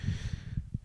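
An adult sleeper snoring in the background: short, low-pitched rumbling snorts, repeated in quick succession.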